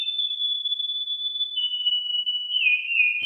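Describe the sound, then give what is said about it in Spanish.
A high, pure whistled tone holds steady, then steps down in pitch a couple of times with a second whistle briefly overlapping, forming a simple, smooth melodic line of music made entirely with whistling, with no voices or singing. “Nada más y nada menos que música hecha con silbidos.”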